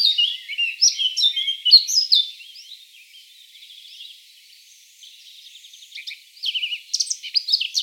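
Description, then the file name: Eurasian blackcap song: fast, scratchy, high warbling, fading to soft chatter, then picking up again with clearer notes at the close. "Sylvia atricapilla"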